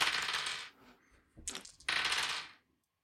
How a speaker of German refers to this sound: die Würfel. Da, da, da.